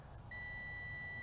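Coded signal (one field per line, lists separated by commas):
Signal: beep code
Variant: SNAPTAIN SP7100 drone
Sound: one long steady high-pitched beep that starts after a short pause and runs past the end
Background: low background rumble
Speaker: i got gps i have acquired the necessary gps that long beep indicates that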